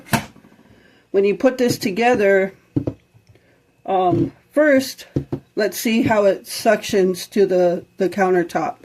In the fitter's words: okay and if you just push it it pops back out so that